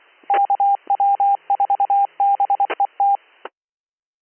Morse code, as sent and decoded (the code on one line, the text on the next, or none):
-.- .-- ....- -... . -
KW4BET